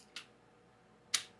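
A magnetic cycling water bottle is pushed onto a magnetic bike frame mount with claws and a lever. A faint click sounds at about 0.2 s, then a much louder, sharp snap at 1.2 s as the bottle goes on all the way and seats solidly in the mount.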